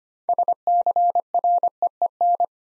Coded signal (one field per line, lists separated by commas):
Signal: Morse code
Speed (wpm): 25 wpm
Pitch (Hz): 700 Hz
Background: none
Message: SCREEN